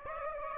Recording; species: mosquito wingbeat signal from an infrared sensor; Aedes aegypti